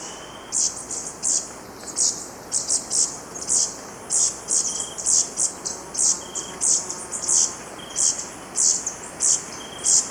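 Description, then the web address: Ashy-throated bush-tanager uttering very high, sharp chips, repeated steadily throughout, mixed with short thin tones at lower pitch. Recorded in Ecuador. "Natures Songs S America Birds of Ecuador. Ashy-Throated Bush-Tanager"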